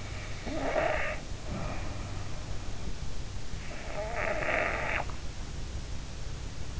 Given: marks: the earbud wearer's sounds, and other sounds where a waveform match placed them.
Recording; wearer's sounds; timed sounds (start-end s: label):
sounds in sleep by an in-ear microphone; snoring breath
0.37-2.08 s: snoring breath
3.80-5.12 s: snoring breath